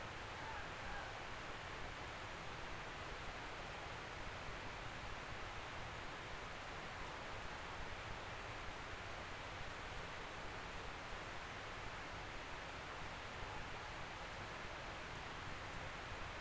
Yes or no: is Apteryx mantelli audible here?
no